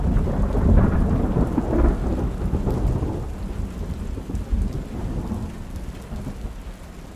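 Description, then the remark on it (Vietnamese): A sudden rain patters against a window, a dense, continuous wash of drops with a low rumble underneath, like thunder, and no voices. “Tuy cơn mưa bất chợt không lớn, nhưng với một khung cảnh tĩnh mịch, vẫn có thể dễ dàng nghe thấy tiếng mưa lộp cộp bên ô cửa sổ.”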